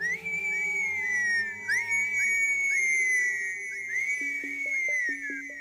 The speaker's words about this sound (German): Aber wir haben keine Pferde mehr. Gandalf pfiff.